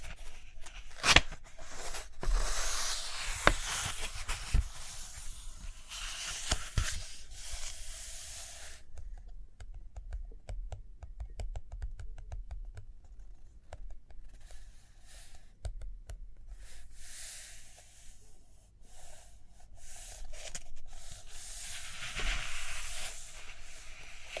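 Paper handling with page turns, scratchy rubbing strokes and light taps in uneven bursts, densest early and again near the end, over a low hum.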